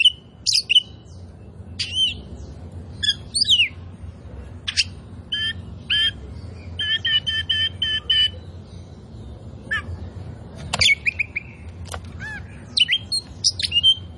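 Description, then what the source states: Oriental magpie-robin song, a varied stream of sharp whistles, chirps and scratchy notes, with a fast repeated trill near the middle, over a low steady hum. Kacer poci form, singing vigorously ('gacor').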